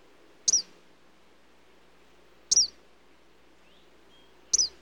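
Eastern kingbird calling with three short, sharp, high-pitched sputtering notes, each about two seconds apart, against quiet background.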